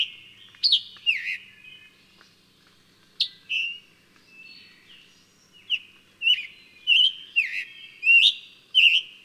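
Bird song of sharp whistled notes, sparse at first, then a faster run of bright, downslurred whistles toward the end.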